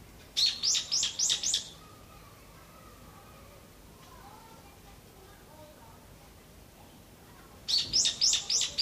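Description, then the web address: Evening cicada song: a burst of five quick ringing pulses, a long pause, then another pulsed series begins. "kanakana hiyo"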